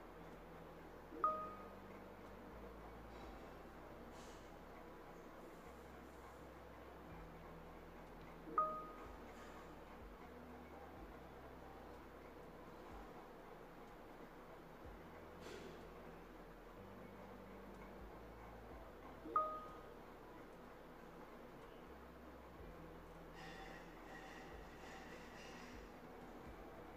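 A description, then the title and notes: Home ambience with a steady low rumble and hum whose pitch shifts now and then. Three sharp knocks with a short ringing tone land at about 1, 9 and 19 seconds, and faint brighter clatter rises near the end. Cozy home ambience.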